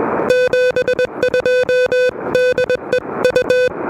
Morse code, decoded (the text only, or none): 72 DE U